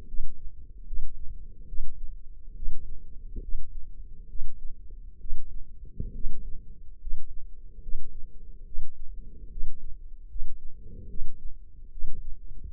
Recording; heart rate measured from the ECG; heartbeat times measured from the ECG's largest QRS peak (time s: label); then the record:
heart sounds by microphone in the left ear; 71 bpm
0.08 s: heartbeat
0.86 s: heartbeat
1.67 s: heartbeat
2.56 s: heartbeat
3.42 s: heartbeat
4.29 s: heartbeat
5.20 s: heartbeat
6.14 s: heartbeat
7.00 s: heartbeat
7.82 s: heartbeat
8.66 s: heartbeat
9.51 s: heartbeat
10.29 s: heartbeat
11.09 s: heartbeat
11.91 s: heartbeat
From the record:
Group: healthy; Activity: rest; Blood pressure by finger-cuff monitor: 140/77 mmHg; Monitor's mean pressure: 97 mmHg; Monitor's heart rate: 71 bpm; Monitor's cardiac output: 6.1 L/min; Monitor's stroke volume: 87 mL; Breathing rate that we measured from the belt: 18 breaths a minute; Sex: male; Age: 35 years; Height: 178 cm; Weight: 64 kg